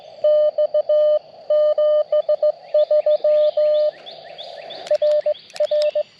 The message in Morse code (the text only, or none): X 73 RR